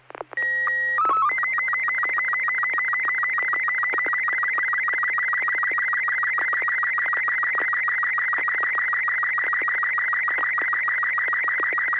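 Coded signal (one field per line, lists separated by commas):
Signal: SSTV (slow-scan television)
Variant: Robot 36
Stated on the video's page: SSTV net on a 441.300 MHz FM repeater, sent with MMSSTV software.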